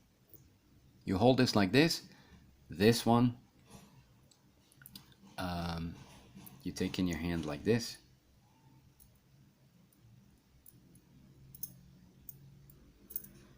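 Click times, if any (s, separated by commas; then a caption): none. A metal M-shaped wire puzzle piece is handled against the round interlocking piece of a metal puzzle while someone talks. Faint metallic clinks come around 4.3–5.0 s and again from 11.6 to 13.2 s. Nothing has locked into place yet.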